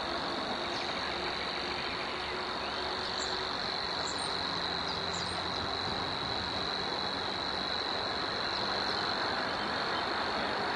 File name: Locustella luscinioides